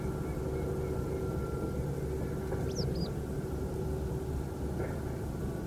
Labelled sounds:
Mallard (Anas platyrhynchos), Western Yellow Wagtail (Motacilla flava)
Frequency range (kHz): Mallard (Anas platyrhynchos) 2.0-2.4 kHz
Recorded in France

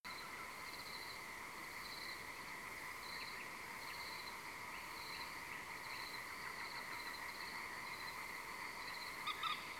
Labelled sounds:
Common Nightingale (Luscinia megarhynchos), crickets, frogs, Common Moorhen (Gallinula chloropus)
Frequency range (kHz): Common Nightingale (Luscinia megarhynchos) 1.2-3.2 kHz; Common Moorhen (Gallinula chloropus) 1.2-5.3 kHz
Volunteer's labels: Autre biophonie grillon; Autre biophonie Grillon; Autre biophonie Grenouille
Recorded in France

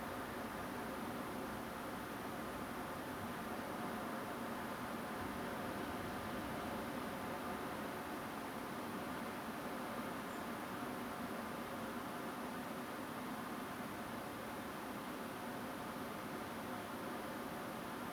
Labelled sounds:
Song Thrush (Turdus philomelos)
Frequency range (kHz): Song Thrush (Turdus philomelos) 7.1-7.7 kHz
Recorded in France

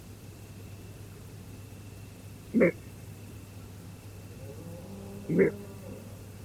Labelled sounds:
roe deer
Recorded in France

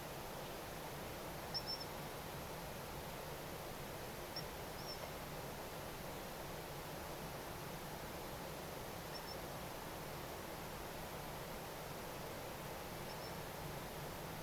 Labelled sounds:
Eurasian Coot (Fulica atra)
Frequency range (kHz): Eurasian Coot (Fulica atra) 4.6-5.9 kHz
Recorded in France

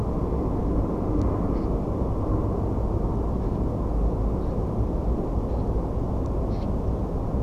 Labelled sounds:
Common Snipe (Gallinago gallinago)
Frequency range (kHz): Common Snipe (Gallinago gallinago) 1.3-6.2 kHz
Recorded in France

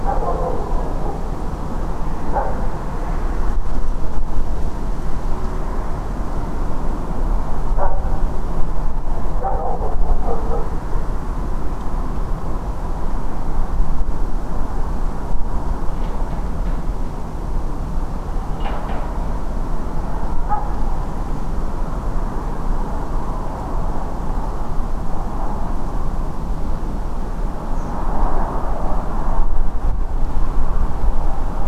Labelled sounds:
unidentified animal sound, Redwing (Turdus iliacus)
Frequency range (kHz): Redwing (Turdus iliacus) 5.4-7.2 kHz
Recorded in France

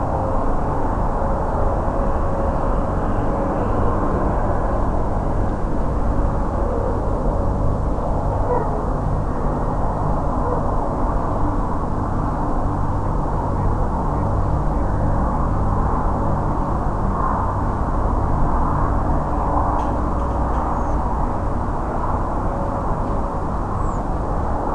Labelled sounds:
Redwing (Turdus iliacus)
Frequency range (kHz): Redwing (Turdus iliacus) 5.6-8.5 kHz
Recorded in France

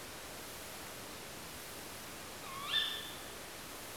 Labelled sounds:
Tawny Owl (Strix aluco)
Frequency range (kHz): Tawny Owl (Strix aluco) 1.0-4.6 kHz
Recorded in France

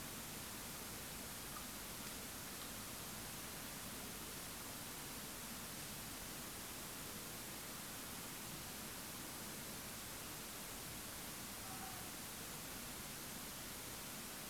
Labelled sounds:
fox
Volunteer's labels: Autre biophonie Vulpes vulpes
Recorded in France

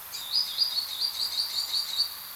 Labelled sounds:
Green Sandpiper (Tringa ochropus)
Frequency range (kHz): Green Sandpiper (Tringa ochropus) 2.0-9.9 kHz
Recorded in France

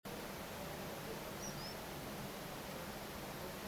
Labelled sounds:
Common Sandpiper (Actitis hypoleucos)
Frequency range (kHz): Common Sandpiper (Actitis hypoleucos) 4.7-6.1 kHz
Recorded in France

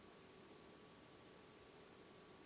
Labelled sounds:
Ortolan Bunting (Emberiza hortulana)
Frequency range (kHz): Ortolan Bunting (Emberiza hortulana) 4.2-5.4 kHz
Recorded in France

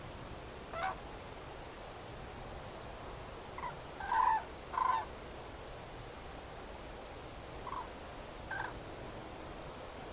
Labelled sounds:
Common Crane (Grus grus)
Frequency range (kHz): Common Crane (Grus grus) 0.7-4.9 kHz
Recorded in France

